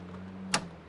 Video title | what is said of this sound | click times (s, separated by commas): ANTISHANTY 2024 RR-1 LIMITED FULL WALKTHROUGH | you'll hear it click | 0.5 s